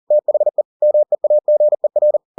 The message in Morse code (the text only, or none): THE MEAGER